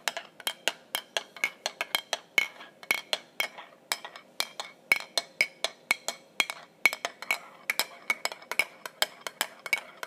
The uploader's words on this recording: Various calming, slow ASMR triggers. Mug tapping and stirring.